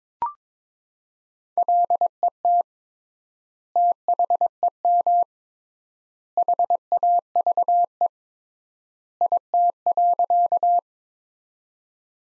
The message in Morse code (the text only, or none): LET THEM HAVE IT.